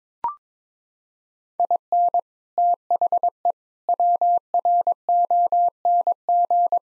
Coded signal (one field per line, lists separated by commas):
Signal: Morse code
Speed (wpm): 21 wpm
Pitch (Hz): 700 Hz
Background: none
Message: IN THE WRONG